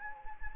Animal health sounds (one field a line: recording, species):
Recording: mosquito wingbeat signal from an infrared sensor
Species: Anopheles gambiae